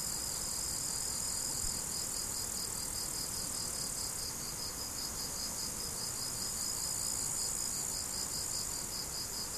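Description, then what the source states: Cricket chorus of fast, evenly pulsed high chirps running without pause, over a constant shrill insect buzz and soft low background noise. Crickets recorded 17 July 2012 with an MZ-N710 recorder.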